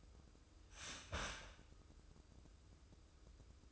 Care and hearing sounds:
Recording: daily activity, microphone in the room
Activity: start toaster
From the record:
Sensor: 2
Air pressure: 995.1 hPa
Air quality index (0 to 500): 60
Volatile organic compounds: 2 ppm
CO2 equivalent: 1005 ppm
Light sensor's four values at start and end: 17/54/21/20 and 17/54/21/20

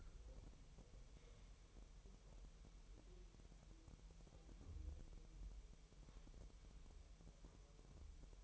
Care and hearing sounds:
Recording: daily activity, microphone in the room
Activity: wipe stove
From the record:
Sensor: 1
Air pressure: 1000.9 hPa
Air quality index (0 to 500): 249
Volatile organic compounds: 149 ppm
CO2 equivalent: 4018 ppm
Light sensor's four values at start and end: 12/28/11/12 and 12/28/11/12

